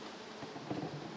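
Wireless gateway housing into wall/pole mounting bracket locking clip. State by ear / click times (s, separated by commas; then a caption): not seated / none. A Dryad Silvanet Gen3 Border Gateway housing hangs on the top hooks of its wall/pole mounting bracket and is being pressed against the locking clip at the bottom. Only a soft, steady rustling of handling is heard, a little louder around 0.7 to 0.8 seconds. Nothing has seated or clicked yet.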